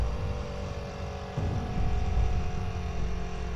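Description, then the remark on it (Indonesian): A few motorbikes and two cars idle at a red light at the Cikutra intersection, a steady low droning rumble with a humming tone that thickens and grows slightly louder partway through. No voices. “Di sini hanya ada beberapa motor dan ada dua mobil di belakangku.”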